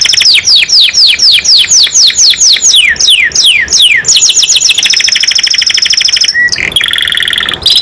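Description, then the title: Canary delivering fast repeated descending whistled notes, then a steady high rolling trill and a short buzzy phrase. Domestic canary singing gacor (constantly), a first-place champion bird. "Suara Kenari Gacor Suara Kicau Burung Kenari Gacor Juara 1"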